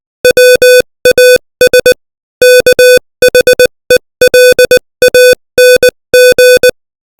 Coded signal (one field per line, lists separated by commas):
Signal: Morse code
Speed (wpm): 20 wpm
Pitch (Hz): 500 Hz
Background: music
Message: WAS KHELANG